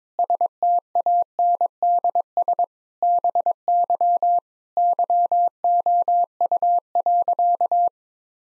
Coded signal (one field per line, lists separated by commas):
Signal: Morse code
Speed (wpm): 21 wpm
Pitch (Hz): 700 Hz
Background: none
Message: STANDS BY YOU.